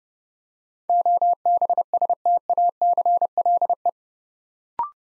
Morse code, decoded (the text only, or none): OBSTACLE